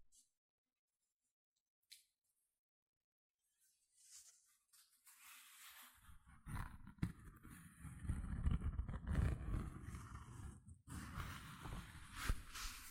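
Gentle scratching begins after several quiet seconds with faint clicks, then grows into a dense, rough, rumbling rasp that briefly pauses near eleven seconds.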